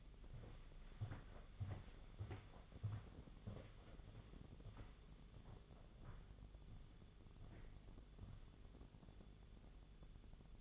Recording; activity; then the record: daily activity, microphone in the room; walk to room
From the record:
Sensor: 4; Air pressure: 1000.8 hPa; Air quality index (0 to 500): 115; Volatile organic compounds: 1 ppm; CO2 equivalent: 870 ppm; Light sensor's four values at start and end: 87/214/92/98 and 88/217/93/99